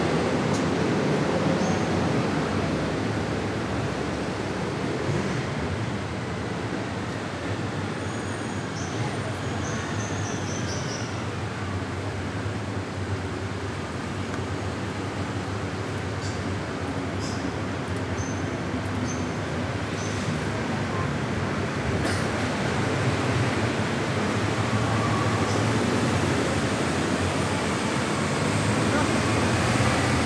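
A calm street in France under a steady, dense wash of distant traffic rumble that barely changes over the half minute. Thin, high chirps or squeals drift through around the ten-second mark, and a few faint clicks and taps surface now and then.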